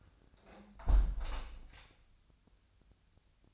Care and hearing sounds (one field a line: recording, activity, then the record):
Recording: daily activity, microphone in the room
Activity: close window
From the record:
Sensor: 2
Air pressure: 1014.8 hPa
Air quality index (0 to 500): 81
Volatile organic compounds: 2 ppm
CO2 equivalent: 1068 ppm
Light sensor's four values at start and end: 8/19/8/8 and 8/19/8/8